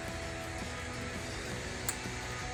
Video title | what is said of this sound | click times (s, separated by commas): 2019-2024 3.6L RAM 1500 AFE Rapid Induction Cold Air Intake Review & Install | Encore un petit clic agréable et satisfaisant, | 1.9 s